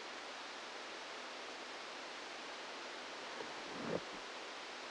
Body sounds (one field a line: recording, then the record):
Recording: brain microelectrode recording played as sound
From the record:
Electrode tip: outside the subthalamic nucleus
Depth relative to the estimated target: -4 mm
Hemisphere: left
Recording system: NeuroSet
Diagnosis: Parkinson's disease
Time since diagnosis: 10 years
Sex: male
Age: 63 years